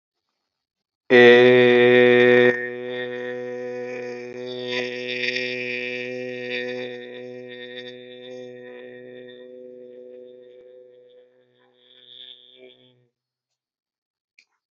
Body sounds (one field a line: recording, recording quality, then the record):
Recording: sustained vowel as in made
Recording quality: excellent, no background noise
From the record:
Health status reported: healthy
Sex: male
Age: 40 years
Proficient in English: yes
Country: India